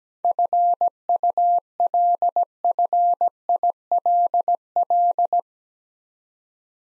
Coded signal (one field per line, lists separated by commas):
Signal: Morse code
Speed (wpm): 17 wpm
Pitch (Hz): 700 Hz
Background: none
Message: FULFILL